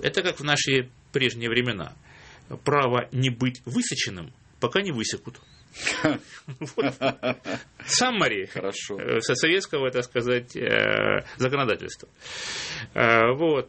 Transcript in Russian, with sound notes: это как в наши прежние времена: право не быть высеченным, пока не высекут. (смех) Саммери советского, так сказать, законодательства. Вот.